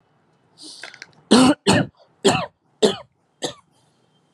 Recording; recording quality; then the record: heavy voluntary cough; excellent, no background noise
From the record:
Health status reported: healthy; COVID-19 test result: negative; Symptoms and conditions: none ticked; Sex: male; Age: 30 years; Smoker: not ticked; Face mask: not worn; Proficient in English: yes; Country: India